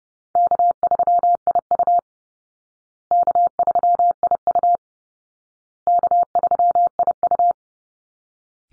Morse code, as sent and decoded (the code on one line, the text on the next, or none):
-.- ...-- .. ..- / -.- ...-- .. ..- / -.- ...-- .. ..-
K3IU K3IU K3IU